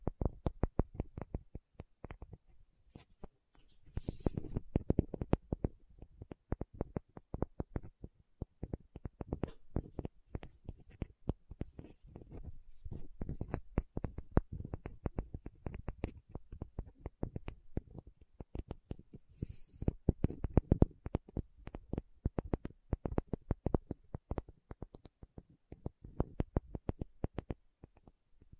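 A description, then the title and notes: Rapid tapping with no talking continues throughout, a dense stream of short, dull knocks that come in uneven bursts. Strikes are mostly low and soft with occasional sharper, brighter clicks, and the pace stays busy from start to finish without long pauses. Tapping Session (No Talking).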